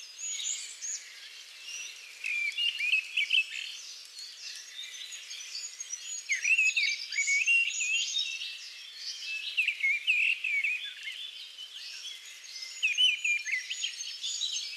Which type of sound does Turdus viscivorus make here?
song